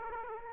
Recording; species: mosquito wingbeat signal from an infrared sensor; Aedes aegypti